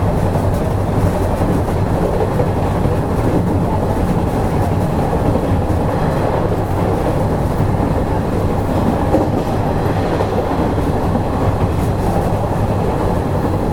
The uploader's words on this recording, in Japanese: 西日本鉄道 5000系の走行音です。急行 小郡行。区間は薬院から二日市までです。